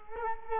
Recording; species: mosquito wingbeat signal from an infrared sensor; Culex quinquefasciatus